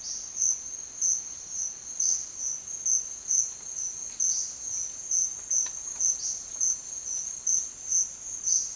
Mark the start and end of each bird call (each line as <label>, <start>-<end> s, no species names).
bird call, 0.03-8.68 s